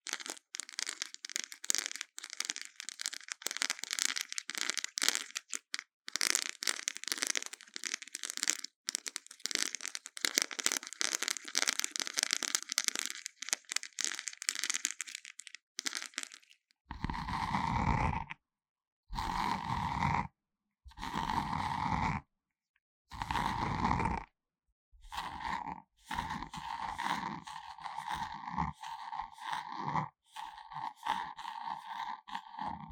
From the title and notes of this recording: Intense Brain Scratching. No Talking.